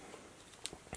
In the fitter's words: on the whole multi-tool and this is locked into place very